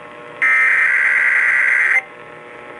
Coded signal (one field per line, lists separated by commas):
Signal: Emergency Alert System (SAME) tones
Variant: header bursts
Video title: KDKA RWT (4/4/21) EAS 229